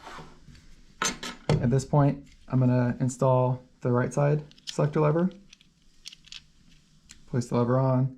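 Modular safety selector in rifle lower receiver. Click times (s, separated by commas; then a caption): 1.0 s. A modular safety selector is walked through a rifle lower receiver, halfway between safe and fire, against the detent plunger, and it clicks into its detent at 1.0 s. Someone talks throughout, and light metallic ticks follow around 5.5 to 7.1 s.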